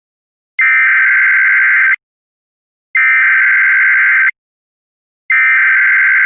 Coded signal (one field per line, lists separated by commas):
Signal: Emergency Alert System (SAME) tones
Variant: header bursts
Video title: EAS Scenario: Smokey and the Bandit